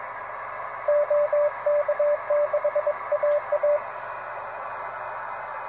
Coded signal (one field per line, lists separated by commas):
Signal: Morse code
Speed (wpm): 22 wpm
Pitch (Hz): 590 Hz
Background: radio noise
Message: OK6AA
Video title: Patcomm PC9000 Reception testing in CW